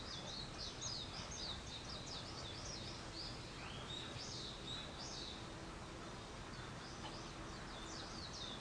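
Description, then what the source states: Bird calls, many thin high chirps and short downslurred notes tumbling over one another in a continuous chatter, set against a constant hiss of background noise. Wild birds; 21 April 2023.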